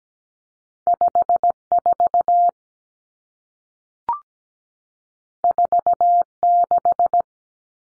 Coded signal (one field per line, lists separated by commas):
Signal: Morse code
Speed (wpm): 17 wpm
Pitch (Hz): 700 Hz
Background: none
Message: 54 46